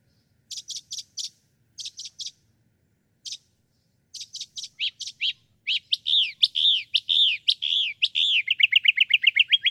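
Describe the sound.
Northern mockingbird song: clusters of crisp high notes, then a series of slurred phrases ending in a fast rattling trill of many repeated notes.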